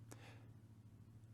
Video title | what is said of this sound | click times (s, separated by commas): Rental Rules (8/27/20) | slide back and forth until it's comfortable and clicks into place then you are good to go | 0.1 s